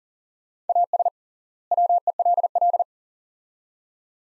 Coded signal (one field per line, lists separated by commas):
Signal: Morse code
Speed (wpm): 37 wpm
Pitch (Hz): 700 Hz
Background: none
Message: AS WELL